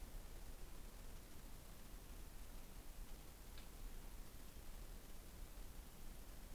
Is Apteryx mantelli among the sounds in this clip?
no